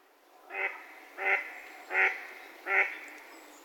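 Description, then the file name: Mallard calling with four evenly spaced, raspy quacks, each short and nasal, coming about every seven-tenths of a second. Recorded 4 December 2021 at 12:10. "magamo 2112041210 yoshimi oi"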